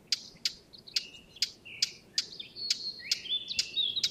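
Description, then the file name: Eurasian blackcap giving sharp, dry ticking calls about twice a second, with a soft, scratchy warbling phrase underneath from about one second, growing louder in the second half. "Sylvia atricapilla"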